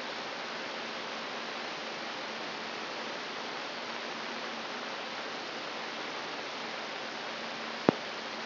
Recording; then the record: brain microelectrode recording played as sound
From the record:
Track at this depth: inside the subthalamic nucleus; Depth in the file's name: 2.348 mm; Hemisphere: right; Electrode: 3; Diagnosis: Parkinson's disease